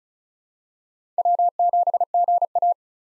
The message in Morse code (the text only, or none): W7GA